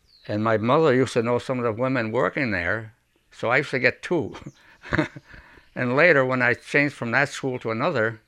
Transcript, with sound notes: And my mother used to know some of the women working there, so I used to get two. (he laughs) And later, when I changed from that school to another,